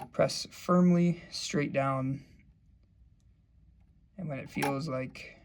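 Someone talks while a Raspberry Pi compute module, a small circuit board, is handled over the socket slots on a sensor station's carrier board, about to be pressed firmly straight down into them. Between the stretches of talk there is only a quiet pause. Nothing has seated or clicked yet.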